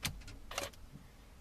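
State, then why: Seated. A car key fob is pushed into the ignition slot beside the steering wheel and clicks into place at 0.1 s, seating in the slot. A short burst of louder clicking and rattling follows around 0.5 to 0.6 seconds, then the sound fades to a quiet background.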